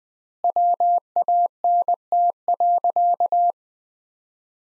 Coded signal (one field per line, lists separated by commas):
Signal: Morse code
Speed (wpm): 21 wpm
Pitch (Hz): 700 Hz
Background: none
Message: WANT.